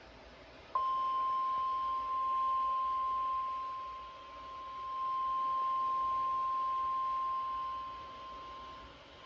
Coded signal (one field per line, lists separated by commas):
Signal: Emergency Alert System (SAME) tones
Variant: 1050 Hz attention tone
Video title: 4 TESTS! | EAS #82-85| Required Weekly Test| KXI76, WWH23, WXJ31